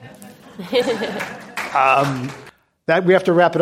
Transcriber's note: applause